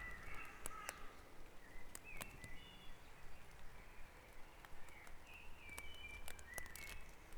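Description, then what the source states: Birds in a dawn chorus: a burst of calls at the start, then thin whistled notes over a low hum. Dawn chorus recorded at Back Dragon Avenue, Harrogate, as part of a sound map of Harrogate.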